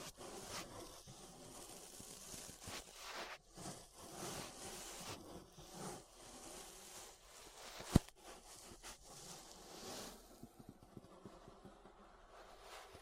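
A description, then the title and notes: Ear brushing: soft, scratchy bristle strokes sweep back and forth in dense, uneven bursts, rising and falling in loudness. A single sharp click stands out near the eighth second, and after about ten seconds the brushing thins into quieter, sparser rustles and taps. ASMR Relaxing 3Dio Ear Brushing (No Talking).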